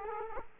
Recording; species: mosquito wingbeat signal from an infrared sensor; Culex quinquefasciatus